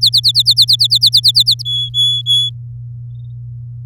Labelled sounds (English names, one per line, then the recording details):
Domestic Canary song
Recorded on 9 May 2018 at 09:54
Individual llb16